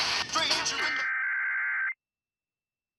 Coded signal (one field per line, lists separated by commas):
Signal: Emergency Alert System (SAME) tones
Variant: header bursts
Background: speech